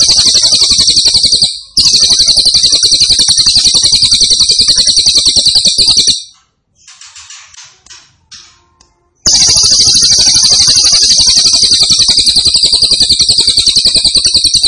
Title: Cililin AMPUH 5. Cililin Gacor Suara Mantap